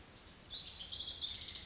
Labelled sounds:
Lazuli Bunting (Passerina amoena)
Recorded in Sonoma County, California

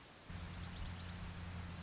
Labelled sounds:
Orange-crowned Warbler (Leiothlypis celata)
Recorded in Sonoma County, California

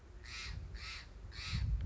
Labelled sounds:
Steller's Jay (Cyanocitta stelleri)
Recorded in Sonoma County, California

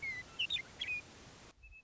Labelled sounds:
Western Meadowlark (Sturnella neglecta)
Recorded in Sonoma County, California

